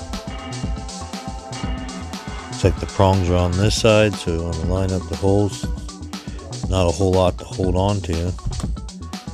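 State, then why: Not seated. A battery plug is lined up with the small mating plastic connector of a 1:18 RC monster truck, with little to grip, over background music with a steady beat while someone talks. Nothing has seated or clicked yet; the clip ends just before the connector snaps in.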